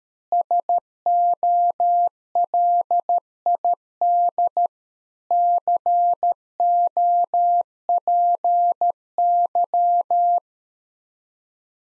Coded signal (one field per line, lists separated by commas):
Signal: Morse code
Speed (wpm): 13 wpm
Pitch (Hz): 700 Hz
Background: none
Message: SOLID COPY